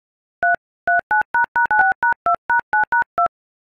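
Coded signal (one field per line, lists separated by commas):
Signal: DTMF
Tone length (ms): 130 ms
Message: 339##96#2#9#2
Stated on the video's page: DTMF from an iPhone dial pad.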